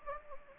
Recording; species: mosquito wingbeat signal from an infrared sensor; Anopheles gambiae